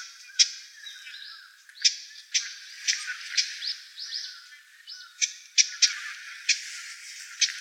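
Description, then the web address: Japanese bush warbler giving short, sharp clicking chips at irregular intervals. Recorded on 19 December 2016. "birdenaga uguisu 161219"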